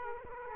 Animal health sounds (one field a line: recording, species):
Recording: mosquito wingbeat signal from an infrared sensor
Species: Aedes aegypti